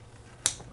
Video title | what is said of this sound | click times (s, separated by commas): Evo Motor Assembly, Part 9, Installing Pistons and Cylinders | that is there we heard it snap that is | 0.5 s